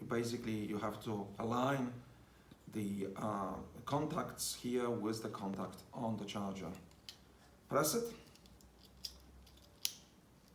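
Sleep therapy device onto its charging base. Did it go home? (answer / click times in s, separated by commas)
yes / 9.8 s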